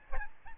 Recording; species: mosquito wingbeat signal from an infrared sensor; Aedes albopictus